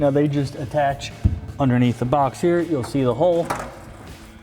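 Someone talks while a rubber or plastic drain tube is handled beneath the canister box of a Barricade retractable tonneau cover on a 2014-2018 Silverado 1500, about to be pushed into the hole underneath. The tube has not seated or clicked into place yet.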